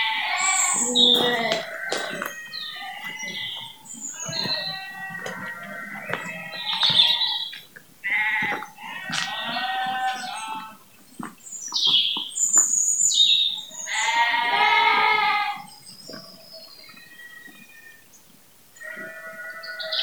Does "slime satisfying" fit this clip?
no